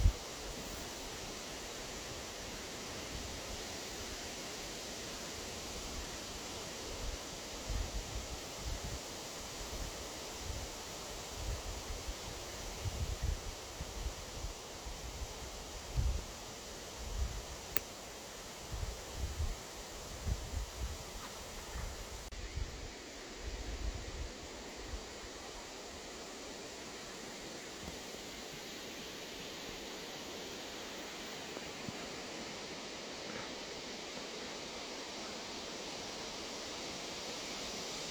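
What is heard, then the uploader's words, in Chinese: Wind moves through a birch forest in a steady, dense rush that fills the whole clip. Low gusts swell and buffet irregularly, strongest between about 8 and 22 seconds, then the sound settles into a calmer, even hiss for the remainder. 俄罗斯自然公园中白桦林的风声。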